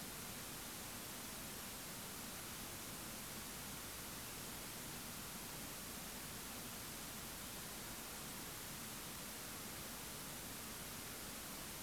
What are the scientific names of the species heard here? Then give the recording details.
none. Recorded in France